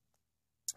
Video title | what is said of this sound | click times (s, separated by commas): Bushcraft bivouac les hommes des bois | j'ai fait chauffer que j'ai mis directement sur la lame ça ça clipse bien il y a pas de souci | 0.7 s